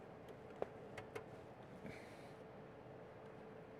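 The right side of an electronics board, which had a gap, is pressed again into its microscope card slot, and a sharp click sounds at 0.6 s as the board seats fully. A few fainter ticks follow around 1.0 and 1.2 s, then a soft thud near 1.9 s, all over a steady low hum.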